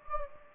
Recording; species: mosquito wingbeat signal from an infrared sensor; Anopheles gambiae